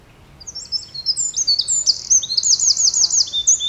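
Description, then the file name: Eurasian wren song: rapid high twittering rising in volume, with a quick rolling trill, still going when it is cut off. "Troglodytes troglodytes"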